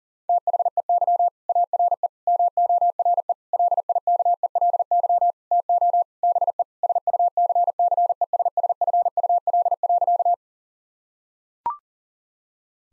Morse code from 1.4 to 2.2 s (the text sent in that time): ARE